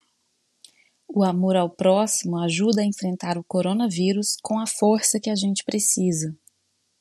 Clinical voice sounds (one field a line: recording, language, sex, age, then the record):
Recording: spoken sentence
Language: Brazilian Portuguese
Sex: female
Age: 30 to 39 years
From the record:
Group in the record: control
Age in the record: 36 years